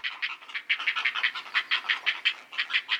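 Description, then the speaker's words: Heron nestlings calling, a fast chattering series of raspy, clicking notes. Healthy, growing young herons in the nest, nearly ready to fledge. "Ah, music to the heron parents' ears. Healthy, growing fledglings ready to take off."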